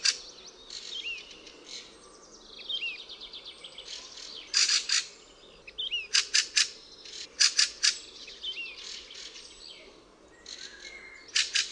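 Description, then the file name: Fieldfare harsh chattering calls, dry rasping 'chack' notes in clusters of two to four, scattered irregularly, with faint thin whistles and chirps of other birds between. "KWICZOL"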